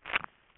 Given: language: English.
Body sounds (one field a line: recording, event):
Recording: throat vibration sensor signal played as sound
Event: swallow